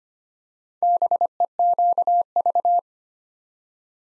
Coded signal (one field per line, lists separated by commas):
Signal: Morse code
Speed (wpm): 25 wpm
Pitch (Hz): 700 Hz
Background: none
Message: BEQV